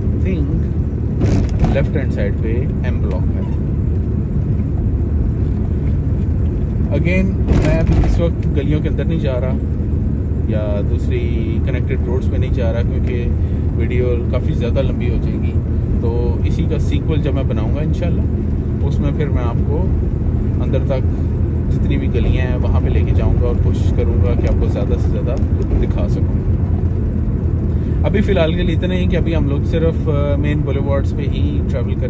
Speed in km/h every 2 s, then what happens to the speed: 24, 24, 24, 23, 24, 24, 25, 25, 26, 26, 26, 26, 26, 26, 26, 25.
0-32 steady at about 25.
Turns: none.